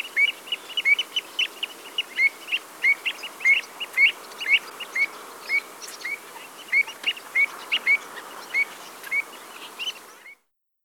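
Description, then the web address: Pied avocet giving clear, fluty kluit calls, short and slightly rising, repeated rapidly about twice a second. "Avocet"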